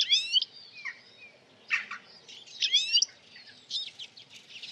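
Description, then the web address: Bird calls: bright high squeaky chirps in three or four bursts, with softer twittering between them. "Bird Only"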